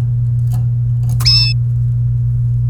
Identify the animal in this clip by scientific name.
Serinus canaria